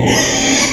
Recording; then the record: squeal of a Yucatan mini pig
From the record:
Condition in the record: before surgery on the right vocal fold (resection and tissue-engineered implant); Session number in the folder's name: 2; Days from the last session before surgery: 0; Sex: male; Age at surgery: 12 weeks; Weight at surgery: 13 kg